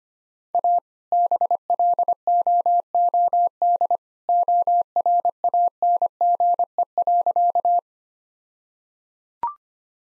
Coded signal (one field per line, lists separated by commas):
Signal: Morse code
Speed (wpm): 25 wpm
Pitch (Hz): 700 Hz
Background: none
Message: A BLOOD ORANGE.